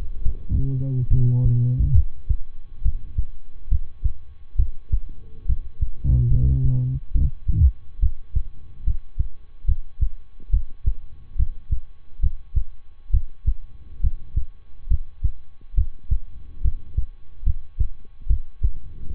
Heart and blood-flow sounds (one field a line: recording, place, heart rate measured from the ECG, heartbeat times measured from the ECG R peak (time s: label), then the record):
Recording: heart sounds by stethoscope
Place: between the tricuspid and mitral areas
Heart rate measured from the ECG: 70 bpm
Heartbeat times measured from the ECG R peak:
0.21 s: heartbeat
1.07 s: heartbeat
1.92 s: heartbeat
2.81 s: heartbeat
3.68 s: heartbeat
4.55 s: heartbeat
5.45 s: heartbeat
6.27 s: heartbeat
7.11 s: heartbeat
7.99 s: heartbeat
8.83 s: heartbeat
9.65 s: heartbeat
10.50 s: heartbeat
11.35 s: heartbeat
12.19 s: heartbeat
13.10 s: heartbeat
14.00 s: heartbeat
14.87 s: heartbeat
15.74 s: heartbeat
16.61 s: heartbeat
17.43 s: heartbeat
18.26 s: heartbeat
19.12 s: heartbeat
From the record:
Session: rest, lying down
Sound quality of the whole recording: good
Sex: male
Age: 23 years